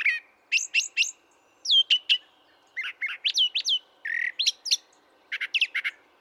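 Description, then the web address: Brown thrasher singing paired and tripled notes, alternating clear slurred whistles with a rough, buzzy phrase, in a steady series of short bursts. "birdsongforthecurious Brown Thrasher"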